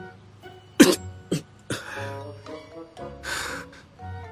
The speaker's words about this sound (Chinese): 衣领上的古龙水毫无征兆地钻进了魏谦的鼻子，简直和芥末油的作用异曲同工，窜鼻子醒脑。魏谦急忙后退半步，扭脸打了个喷嚏。